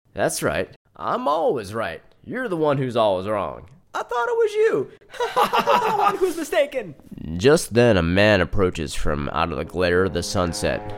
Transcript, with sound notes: That’s right, I’m always right. You’re the one who’s always wrong.
I thought it was you? (Laughter) Just then, a man approaches from out of the glare of the sunset.